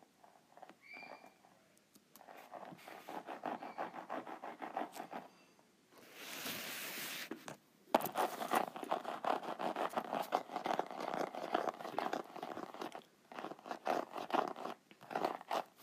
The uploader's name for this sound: ASMR Groovy Note Pad